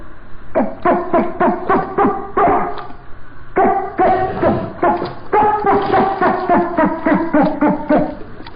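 Dolphin chatter with fast, repeated squeaky pulses, about three or four each second, in two long runs broken by a short gap.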